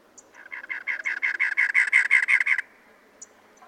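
Cactus wren song: a rapid, harsh chugging series of grating notes lasting about two seconds, followed by quiet with a couple of faint sounds.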